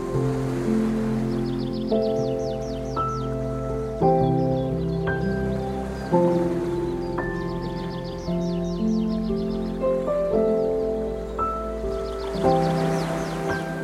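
Gentle, slow piano notes ring out every couple of seconds over a steady wash of sea sound, with faint high chirping recurring in bursts.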